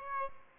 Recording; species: mosquito wingbeat signal from an infrared sensor; Aedes albopictus